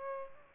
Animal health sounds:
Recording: mosquito wingbeat signal from an infrared sensor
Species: Aedes albopictus

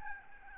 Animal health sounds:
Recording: mosquito wingbeat signal from an infrared sensor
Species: Aedes albopictus

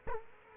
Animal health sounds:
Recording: mosquito wingbeat signal from an infrared sensor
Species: Culex quinquefasciatus

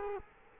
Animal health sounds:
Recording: mosquito wingbeat signal from an infrared sensor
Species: Culex quinquefasciatus

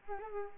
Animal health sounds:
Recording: mosquito wingbeat signal from an infrared sensor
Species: Culex pipiens

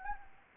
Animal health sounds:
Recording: mosquito wingbeat signal from an infrared sensor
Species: Anopheles gambiae

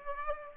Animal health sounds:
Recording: mosquito wingbeat signal from an infrared sensor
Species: Aedes aegypti

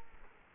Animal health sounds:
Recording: mosquito wingbeat signal from an infrared sensor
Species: Culex quinquefasciatus

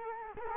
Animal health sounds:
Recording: mosquito wingbeat signal from an infrared sensor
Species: Culex quinquefasciatus

